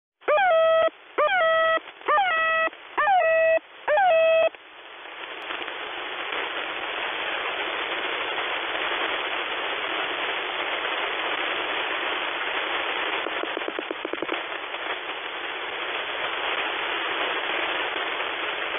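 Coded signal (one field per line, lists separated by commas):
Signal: channel marker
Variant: The Goose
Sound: five quick repeated goose-like honks, then steady radio hiss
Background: radio static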